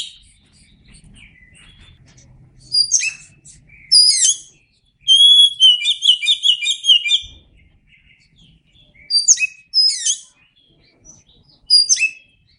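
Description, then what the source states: Oriental magpie-robin singing varied phrases: sharp downswept whistles, then a fast run of rich chattering notes, then more scattered whistled sweeps. Singing vigorously and continuously (gacor).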